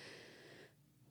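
Loud snoring from a pet pug, a flat-faced (brachycephalic) breed, heard in the room.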